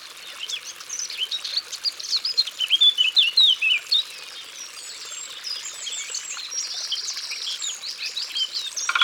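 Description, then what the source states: Eurasian blackcap singing a rapid, varied warbling phrase of clear whistled notes for about two seconds midway, with softer bird sounds around it. Recorded in Ardèche.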